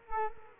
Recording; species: mosquito wingbeat signal from an infrared sensor; Culex quinquefasciatus